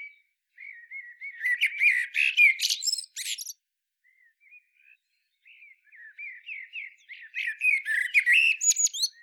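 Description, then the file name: Common blackbird producing a squeaky, chattering phrase, then a few soft thin notes, then another longer run of twittering, scratchy notes. "Turdus merula"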